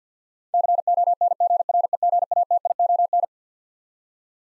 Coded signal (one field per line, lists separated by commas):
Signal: Morse code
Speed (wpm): 50 wpm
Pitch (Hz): 700 Hz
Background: none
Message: CONGREGATION